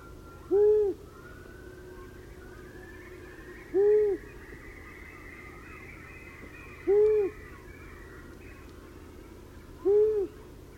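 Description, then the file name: Long-eared owl sending out four muffled, low hoots about three seconds apart, each short and gently arched. "Gufo Comune"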